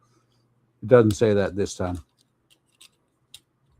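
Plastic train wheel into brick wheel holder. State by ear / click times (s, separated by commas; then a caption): seated / 2.8 s, 3.3 s. Someone talks, then a plastic train wheel is pressed onto a building-brick train chassis. Small clicks sound at 2.8 s and 3.3 s as the wheel seats firmly in its brick wheel holder.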